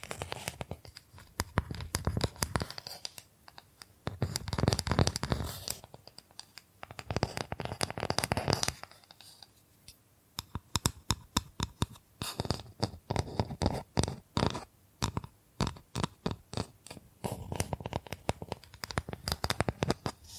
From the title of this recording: Bamboo Tapping, Scratching and Brushing Sounds